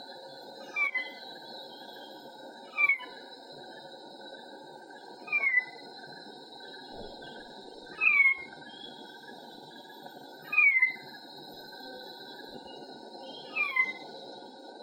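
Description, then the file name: Black-naped oriole calling: six descending notes at intervals of two to three seconds, over a constant droning background. Female. "suara betina kepodang"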